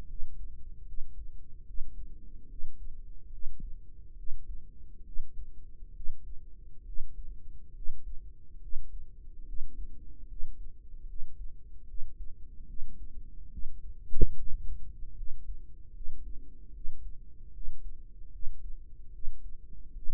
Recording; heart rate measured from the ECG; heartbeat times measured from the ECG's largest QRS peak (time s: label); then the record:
heart sounds by microphone in the right ear; 72 bpm
0.06 s: heartbeat
0.84 s: heartbeat
1.63 s: heartbeat
2.47 s: heartbeat
3.29 s: heartbeat
4.14 s: heartbeat
5.02 s: heartbeat
5.92 s: heartbeat
6.83 s: heartbeat
7.72 s: heartbeat
8.58 s: heartbeat
9.43 s: heartbeat
10.26 s: heartbeat
11.05 s: heartbeat
11.85 s: heartbeat
12.65 s: heartbeat
13.48 s: heartbeat
14.33 s: heartbeat
15.13 s: heartbeat
15.91 s: heartbeat
16.71 s: heartbeat
17.51 s: heartbeat
18.30 s: heartbeat
19.10 s: heartbeat
19.92 s: heartbeat
From the record:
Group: healthy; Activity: rest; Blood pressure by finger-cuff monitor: 124/62 mmHg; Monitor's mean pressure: 79 mmHg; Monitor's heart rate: 73 bpm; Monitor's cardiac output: 6 L/min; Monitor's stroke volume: 82 mL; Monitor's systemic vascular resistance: 940 dyn s/cm5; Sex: female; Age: 32 years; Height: 168 cm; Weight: 61.9 kg